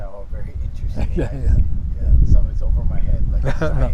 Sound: both chuckle